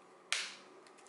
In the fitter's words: This clicks shut too.